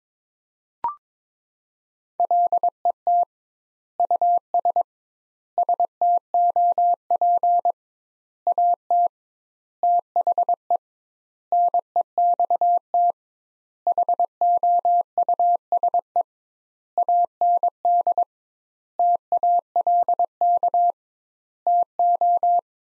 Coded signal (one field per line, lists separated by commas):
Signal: Morse code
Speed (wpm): 22 wpm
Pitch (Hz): 700 Hz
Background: none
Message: LET US STOP AT THE NEXT HOUSE AND TALK TO